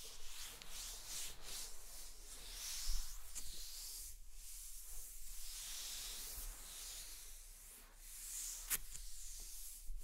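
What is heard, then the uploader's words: Dry scratching and tracing strokes rasp steadily across a rough surface, swelling in bright, hissy bursts around three and eight seconds, with a low hum beneath. ASMR Mind Tingling Scratching and Tracing Sounds (No Talking).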